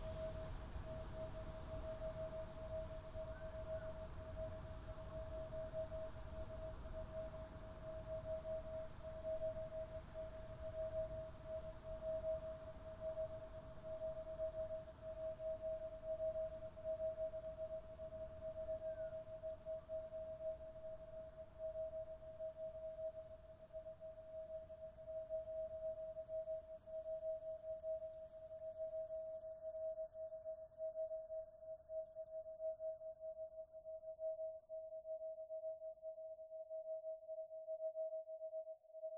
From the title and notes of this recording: A three hour composition for headphones. The piece is tones, grumbles, wa-wa’s, groans, beats and other sounds created through digital signal processing of Niagara Falls.